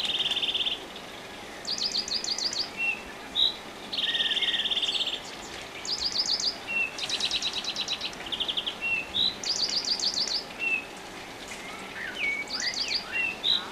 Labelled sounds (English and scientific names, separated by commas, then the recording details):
European Greenfinch (Chloris chloris) song
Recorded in the wild
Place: Oberstdorf, Bayern, DE
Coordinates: 47.4906, 10.2803
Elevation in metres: 809
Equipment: Uher 4000 Report
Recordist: Tretzel, Erwin